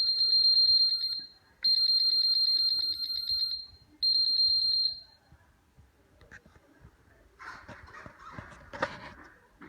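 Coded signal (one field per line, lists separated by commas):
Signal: beep code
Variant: 3DR Solo quadcopter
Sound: three long high-pitched warning beeps, then rustling and clattering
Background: handling noise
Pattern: 3 long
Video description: After first flight and connection to mission planner, the Solo will not stop beeping.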